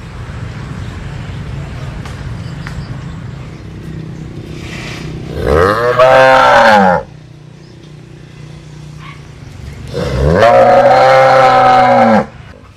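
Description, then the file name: Cattle: cow mooing: two long, deep, droning moos, the second lasting about two seconds, separated by a low rumbling background hum. "Tieng bo rong"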